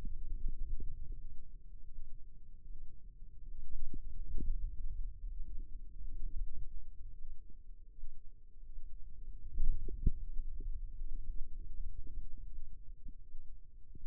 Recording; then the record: forearm muscle sounds (acoustic myography)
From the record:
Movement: radial deviation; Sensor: system 2, bracelet of six BSWA MPA416 microphones around the upper forearm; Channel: 1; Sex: female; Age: 25 years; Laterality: right